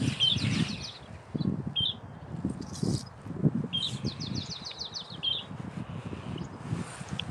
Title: 沼泽山雀的叫声